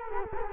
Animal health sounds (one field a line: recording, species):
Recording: mosquito wingbeat signal from an infrared sensor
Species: Culex quinquefasciatus